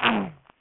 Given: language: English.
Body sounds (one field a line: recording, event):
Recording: throat vibration sensor signal played as sound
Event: throat clearing